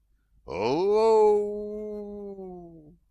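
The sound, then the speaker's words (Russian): A single long, loud battle cry of tribesmen and caravan raiders, something between a human shout and a bestial roar, low and roaring. It rises sharply at the start, then holds a steady pitch for over two seconds before cutting off. “он услышал нечто среднее между криком и звериным ревом.”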